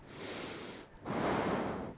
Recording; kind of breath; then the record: one breath in and out by a microphone near the nose and mouth; deep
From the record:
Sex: male